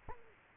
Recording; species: mosquito wingbeat signal from an infrared sensor; Culex quinquefasciatus